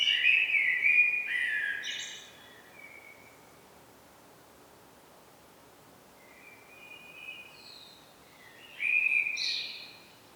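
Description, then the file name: Common blackbird song: a low fluted warble near the start ending in a squeaky twitter, then a quiet pause and a second warbled phrase with high chirps near the end. "Turdus merula"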